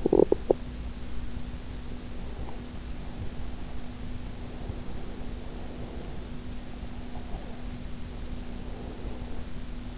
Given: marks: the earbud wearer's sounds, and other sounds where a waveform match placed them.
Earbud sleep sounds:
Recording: sounds in sleep by an in-ear microphone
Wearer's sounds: teeth grinding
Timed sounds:
0.00-0.62 s: teeth grinding

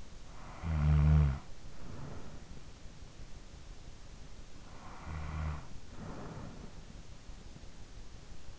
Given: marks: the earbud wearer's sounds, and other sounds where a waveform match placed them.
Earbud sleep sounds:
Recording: sounds in sleep by an in-ear microphone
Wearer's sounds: snoring breath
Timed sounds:
0.00-3.05 s: snoring breath
4.15-6.96 s: snoring breath

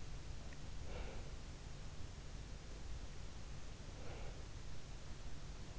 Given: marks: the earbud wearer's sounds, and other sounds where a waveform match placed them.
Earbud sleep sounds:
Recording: sounds in sleep by an in-ear microphone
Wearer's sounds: breath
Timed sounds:
0.70-1.36 s: breath
3.79-4.48 s: breath

